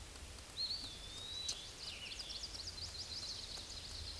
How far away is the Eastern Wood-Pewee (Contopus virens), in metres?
about 35 m